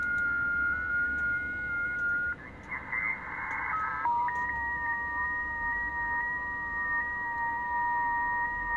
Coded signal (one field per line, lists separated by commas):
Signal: FT8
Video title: TY2CD, Benin AFRICA , 7MHz, FT8, Worked by HL2WA